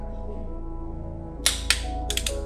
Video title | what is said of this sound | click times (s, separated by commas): BMW N54 Spark Plug & Ignition Coil Replacement + The BEST Gap Method! (135i, 335i, 535i DIY) | this until you hear a click okay | 1.7 s